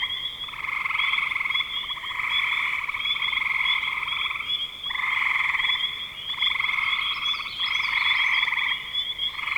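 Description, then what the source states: Frogs trilling together, long rattling buzzes lasting a second or more, alternating and overlapping, with a few brief higher squeaks. Frogs in spring 2025.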